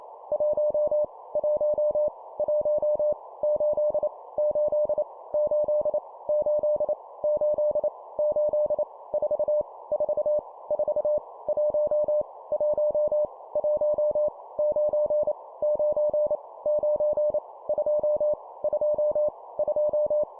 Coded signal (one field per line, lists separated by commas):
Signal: Morse code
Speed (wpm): 28 wpm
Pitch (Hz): 600 Hz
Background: none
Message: 1 1 1 8 8 8 8 8 8 4 4 4 1 1 1 9 9 9 2 2 2